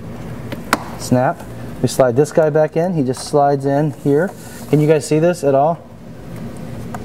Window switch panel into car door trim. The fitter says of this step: it just snaps right in so it pulls out snaps in it's real it's real easy